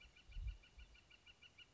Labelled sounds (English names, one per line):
Northern Flicker